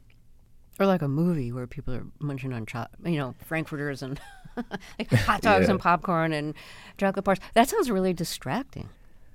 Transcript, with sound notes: Or like a movie, where people are munching on - you know, frankfurters and - (laughter) like hot dogs and popcorn and chocolate bars. That sounds really distracting.